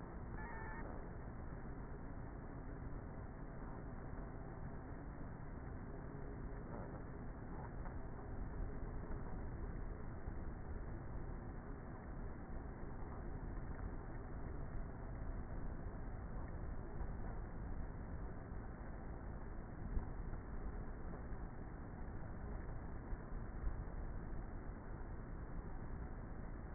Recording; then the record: honeybee colony, microphone inside the hive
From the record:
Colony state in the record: queenless with a low population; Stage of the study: before two queens were removed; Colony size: about 30,000 bees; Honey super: no